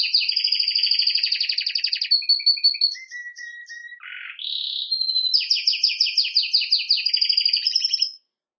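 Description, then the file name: Canary song with fast rattling trills, low whistles, a brief buzzy note, then another rapid rolling trill ending abruptly. "Canary Voice"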